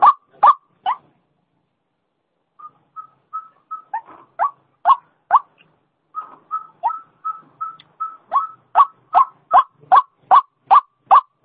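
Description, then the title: White-breasted waterhen calling: short harsh notes in runs, with stretches of softer, even hooting notes between bursts. Female call, used as a lure sound. "Suara Pikat Ruak Ruak Betina"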